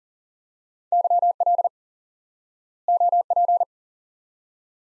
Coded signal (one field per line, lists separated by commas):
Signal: Morse code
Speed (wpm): 40 wpm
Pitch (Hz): 700 Hz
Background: none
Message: YL OP